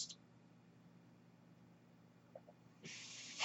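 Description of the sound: A brief puff of hiss opens, then near-silence with a faint low hum, and a steady airy hiss returns for the last half-second. This is the rushing airflow of a home mechanical ventilator delivering a breath, heard in the background in a quiet room.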